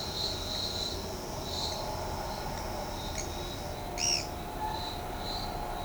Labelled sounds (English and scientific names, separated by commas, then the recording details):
Pale-eyed Pygmy Tyrant (Atalotriccus pilaris)
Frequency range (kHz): Pale-eyed Pygmy Tyrant (Atalotriccus pilaris) 1.3-10.9 kHz
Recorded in shrubland near Pivijay, Magdalena, Colombia, on 18 April 2023 at 13:30
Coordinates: 10.453, -74.365
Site P5-G022